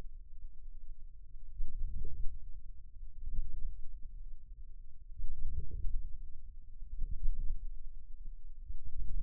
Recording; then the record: forearm muscle sounds (acoustic myography)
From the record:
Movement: outward rotation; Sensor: system 2, bracelet of six BSWA MPA416 microphones around the upper forearm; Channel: 1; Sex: male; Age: 22 years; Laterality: right